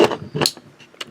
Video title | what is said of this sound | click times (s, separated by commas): Jinhao 189 Fountain Pen Review | little click there. I like that click. Bam. | 0.5 s